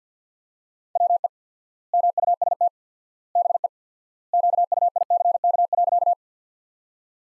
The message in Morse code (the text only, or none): WE MUST BE QUICK.